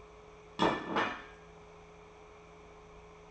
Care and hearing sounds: daily activity, microphone in the room; place plate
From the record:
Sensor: 1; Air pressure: 1015.0 hPa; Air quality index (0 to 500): 202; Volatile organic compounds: 26 ppm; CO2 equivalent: 2865 ppm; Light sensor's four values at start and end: 26/64/27/32 and 25/62/26/31

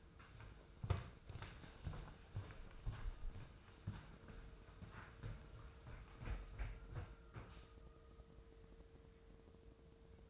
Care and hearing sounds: daily activity, microphone in the room; walk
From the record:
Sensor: 2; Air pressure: 995.8 hPa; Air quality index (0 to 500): 246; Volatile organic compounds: 1000 ppm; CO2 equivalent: 6087 ppm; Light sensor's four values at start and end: 32/77/34/38 and 32/76/34/37

